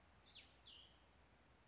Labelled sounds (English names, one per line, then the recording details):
Cassin's Vireo
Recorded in Sonoma County, California